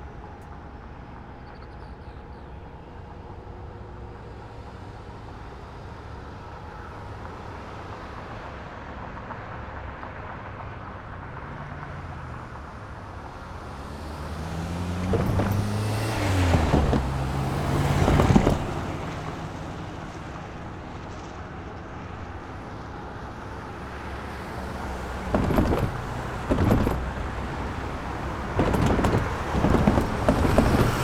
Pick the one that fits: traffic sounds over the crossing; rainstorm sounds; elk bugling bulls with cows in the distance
traffic sounds over the crossing